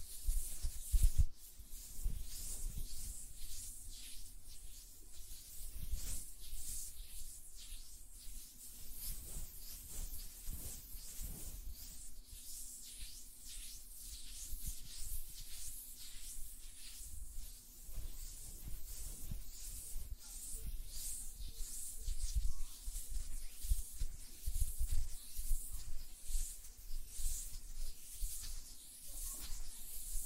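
Fingers tap and flutter against nails in a dense, continuous patter of bright, crisp clicks, with a faint low steady hum underneath.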